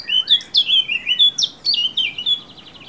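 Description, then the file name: Eurasian blackcap song, a rich run of fluty, warbled phrases in quick succession. "Sylvia atricapilla"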